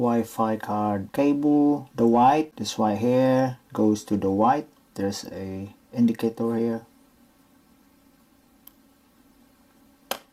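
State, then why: Seated. Someone talks while pointing out the white Wi-Fi antenna cable and its matching white-marked terminal on the Wi-Fi card of a Lenovo IdeaPad laptop, then the room goes quiet except for a faint tick at 8.7 s. The cable's small snap connector is pressed onto the terminal and clicks sharply at 10.1 s, showing it is seated.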